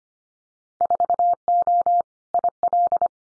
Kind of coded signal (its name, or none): Morse code